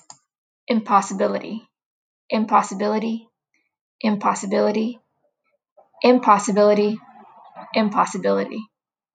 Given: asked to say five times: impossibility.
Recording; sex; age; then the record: repeated word; female; 20 to 29 years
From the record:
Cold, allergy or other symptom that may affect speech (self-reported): no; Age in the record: 28 years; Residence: California, United States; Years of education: 16